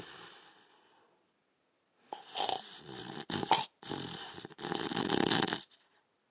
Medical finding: Man Snoring.